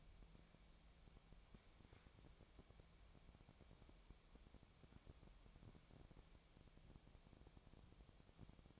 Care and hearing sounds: daily activity, microphone in the room; wipe stove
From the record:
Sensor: 1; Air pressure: 1007.1 hPa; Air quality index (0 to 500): 205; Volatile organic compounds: 22 ppm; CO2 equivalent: 2762 ppm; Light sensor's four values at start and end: 13/32/13/14 and 12/32/13/14

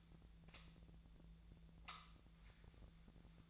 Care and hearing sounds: daily activity, microphone in the room; light on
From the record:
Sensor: 3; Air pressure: 1009.7 hPa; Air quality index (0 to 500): 190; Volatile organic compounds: 15 ppm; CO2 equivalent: 2479 ppm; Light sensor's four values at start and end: 37/93/40/42 and 44/116/49/50

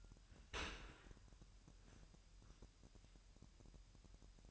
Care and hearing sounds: daily activity, microphone in the room; open dishwasher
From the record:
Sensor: 2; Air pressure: 998.2 hPa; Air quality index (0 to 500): 147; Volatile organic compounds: 4 ppm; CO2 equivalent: 1662 ppm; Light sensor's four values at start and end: 10/30/12/11 and 10/30/12/11

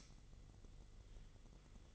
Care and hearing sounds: daily activity, microphone in the room; light off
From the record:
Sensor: 4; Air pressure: 1008.7 hPa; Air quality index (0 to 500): 97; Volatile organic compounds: 1 ppm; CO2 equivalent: 730 ppm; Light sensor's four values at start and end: 12/28/11/10 and 11/26/10/9

